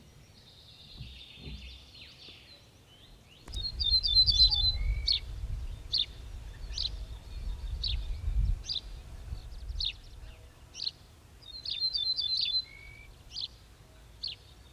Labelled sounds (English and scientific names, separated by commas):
Ortolan Bunting (Emberiza hortulana)